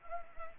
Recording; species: mosquito wingbeat signal from an infrared sensor; Anopheles arabiensis